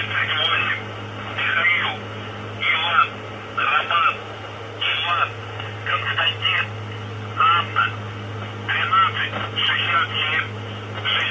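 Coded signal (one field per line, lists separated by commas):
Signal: numbers station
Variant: UVB-76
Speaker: okay so this is the voice that will come on uh at random times of day uh specific days of the month uh tell me this isn't creepy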